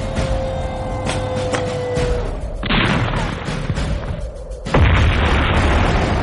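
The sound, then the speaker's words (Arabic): A steady mechanical hum gives way to a heavy cannon blast hitting a Verna car during an ambush firefight, followed by a second, louder explosive burst that leaves a roaring, crackling rumble. No one speaks. “وادي الفيرنا بطلقة مدفع واحدة.”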